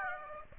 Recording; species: mosquito wingbeat signal from an infrared sensor; Aedes aegypti